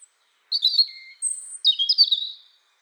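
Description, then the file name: European robin song: a short high note, then two sweet warbled phrases with a thin whistle between them. "Erithacus rubecula"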